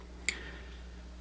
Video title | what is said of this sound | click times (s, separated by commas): tops knives air wolfe fixed blade | So as the knife is locked by the new made insert that will give already instant security because as you push it in it will snap in place there | 0.3 s